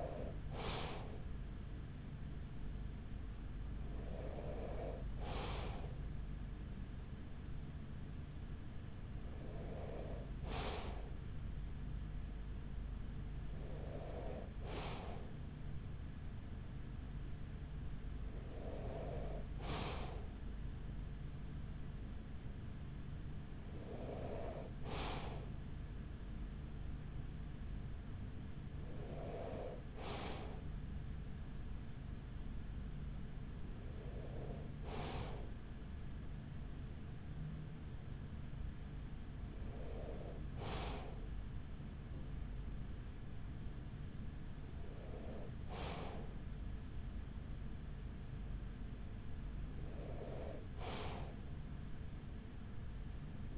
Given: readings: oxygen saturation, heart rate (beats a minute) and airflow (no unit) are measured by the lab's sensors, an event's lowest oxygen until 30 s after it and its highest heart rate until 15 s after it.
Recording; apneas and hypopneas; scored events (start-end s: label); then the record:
breathing in sleep by a smartphone at the bedside; none
none scored
From the record:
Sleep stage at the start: N2 (light sleep); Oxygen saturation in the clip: 94 to 95%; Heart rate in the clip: 42 to 47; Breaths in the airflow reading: 11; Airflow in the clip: -8.1 to 6.0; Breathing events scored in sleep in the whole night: 207 in 7.6 hours asleep